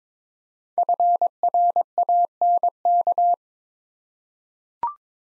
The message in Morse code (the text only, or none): FRANK